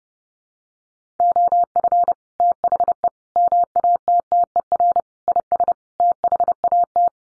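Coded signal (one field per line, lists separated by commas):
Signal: Morse code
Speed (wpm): 30 wpm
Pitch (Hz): 700 Hz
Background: none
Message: OF THE MATTER IS THAT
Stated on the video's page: Morse code practice for head-copying five-word sets at 30 wpm.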